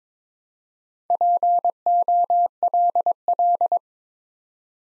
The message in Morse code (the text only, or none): POLL